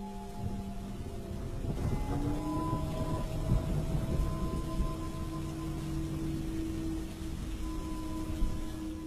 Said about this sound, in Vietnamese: Cho đến khi tất cả im lặng biến mất, chỉ còn lại tịch mịch của màn đêm và cơn mưa vẫn đang ào ào ở bên ngoài.